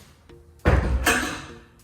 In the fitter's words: So that locks into place there.